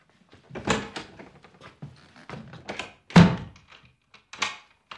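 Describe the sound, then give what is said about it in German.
Heavy fists pound on a closed door in irregular bursts, a run of dull, booming thuds with smaller knocks between them and one especially hard blow partway through. “Herr Steiger! Machen Sie die Tür auf!”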